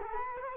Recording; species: mosquito wingbeat signal from an infrared sensor; Culex quinquefasciatus